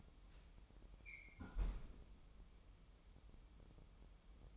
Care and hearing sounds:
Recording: daily activity, microphone in the room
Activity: close fridge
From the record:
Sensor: 1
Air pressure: 988.4 hPa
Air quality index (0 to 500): 199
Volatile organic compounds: 1000 ppm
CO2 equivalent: 5300 ppm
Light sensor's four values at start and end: 26/97/36/38 and 26/97/37/38

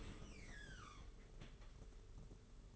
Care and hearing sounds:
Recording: daily activity, microphone in the room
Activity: open dishwasher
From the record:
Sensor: 4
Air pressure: 992.1 hPa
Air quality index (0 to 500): 108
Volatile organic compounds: 17 ppm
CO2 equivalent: 2585 ppm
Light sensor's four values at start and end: 23/78/28/30 and 23/78/28/30

